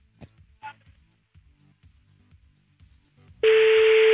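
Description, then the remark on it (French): A phone call to a father being dialed: a short electronic beep, faint low murmuring, then a loud, steady buzzing ring tone that starts abruptly and holds until the end. “eh bien écoute, on va l'appeler, on va voir ce que ça donne.”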